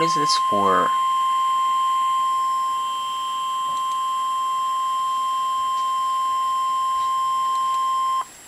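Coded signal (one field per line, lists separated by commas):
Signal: Emergency Alert System (SAME) tones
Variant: 1050 Hz attention tone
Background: speech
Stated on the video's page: Real EAS activation for a severe thunderstorm/special marine warning on the Chesapeake Bay and Potomac River, recorded from the NOAA Weather Radio online stream.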